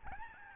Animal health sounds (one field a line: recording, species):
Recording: mosquito wingbeat signal from an infrared sensor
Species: Aedes albopictus